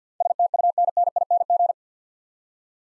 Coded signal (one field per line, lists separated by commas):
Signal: Morse code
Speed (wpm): 50 wpm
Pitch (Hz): 700 Hz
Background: none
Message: STUNNING